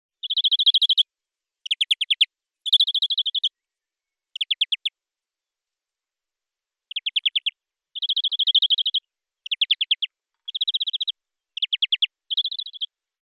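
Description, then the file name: European greenfinch giving rapid pulsed trills in short bursts, each under a second, with a longer pause midway. "Chloris chloris"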